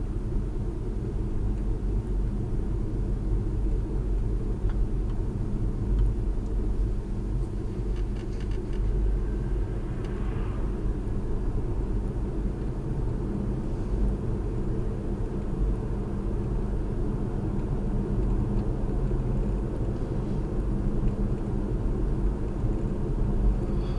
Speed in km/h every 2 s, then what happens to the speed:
39, 39, 39, 39, 40, 44, 47, 50, 52, 52, 52, 52.
0-7 steady at about 39. 7-14 speeds up to 50. 14-24 steady at about 52.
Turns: none.